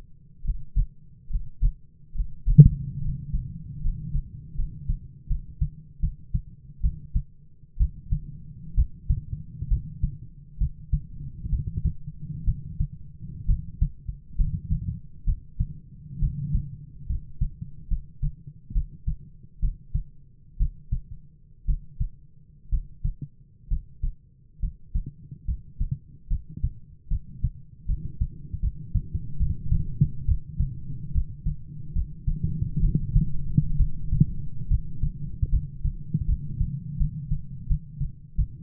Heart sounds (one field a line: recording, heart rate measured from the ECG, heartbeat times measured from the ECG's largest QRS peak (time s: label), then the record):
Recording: heart sounds by stethoscope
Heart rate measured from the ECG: 70 bpm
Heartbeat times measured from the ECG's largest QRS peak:
0.42 s: heartbeat
1.28 s: heartbeat
2.13 s: heartbeat
3.00 s: heartbeat
3.80 s: heartbeat
4.54 s: heartbeat
5.26 s: heartbeat
5.99 s: heartbeat
6.80 s: heartbeat
7.77 s: heartbeat
8.74 s: heartbeat
9.68 s: heartbeat
10.57 s: heartbeat
11.49 s: heartbeat
12.44 s: heartbeat
13.45 s: heartbeat
14.36 s: heartbeat
15.24 s: heartbeat
16.19 s: heartbeat
17.06 s: heartbeat
17.87 s: heartbeat
18.72 s: heartbeat
19.59 s: heartbeat
20.57 s: heartbeat
21.65 s: heartbeat
22.69 s: heartbeat
23.67 s: heartbeat
24.59 s: heartbeat
25.45 s: heartbeat
26.27 s: heartbeat
27.08 s: heartbeat
27.85 s: heartbeat
28.59 s: heartbeat
29.37 s: heartbeat
30.25 s: heartbeat
31.11 s: heartbeat
31.92 s: heartbeat
32.80 s: heartbeat
33.77 s: heartbeat
34.68 s: heartbeat
35.49 s: heartbeat
36.25 s: heartbeat
36.97 s: heartbeat
37.66 s: heartbeat
38.35 s: heartbeat
From the record:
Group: healthy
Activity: breath hold 0-4 s, rest 4-39 s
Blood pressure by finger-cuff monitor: 99/55 mmHg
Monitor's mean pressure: 65 mmHg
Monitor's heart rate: 67 bpm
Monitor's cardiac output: 7.8 L/min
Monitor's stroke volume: 113 mL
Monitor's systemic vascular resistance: 620 dyn s/cm5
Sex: male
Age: 22 years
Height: 185 cm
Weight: 112.4 kg